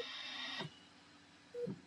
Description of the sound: This is the sound of a ventilator. And for Dr. Rafael Campo, it's been the soundtrack of the pandemic.